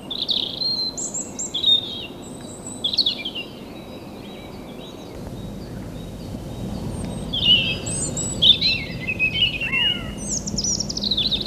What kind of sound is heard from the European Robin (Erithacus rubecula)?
song